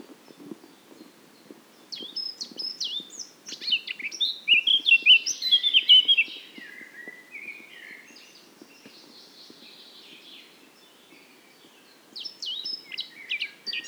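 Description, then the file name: Eurasian blackcap song: a soft, scratchy warble builds into a loud burst of clear fluty whistled notes, then fades to quiet chatter before a new phrase begins. "Sylvia atricapilla"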